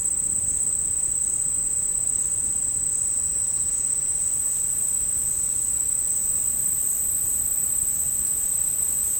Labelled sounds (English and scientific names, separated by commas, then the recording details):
none
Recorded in secondary vegetation near Puerto Asís, Putumayo, Colombia, on 8 March 2025 at 13:30
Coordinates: 0.502, -76.326
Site G100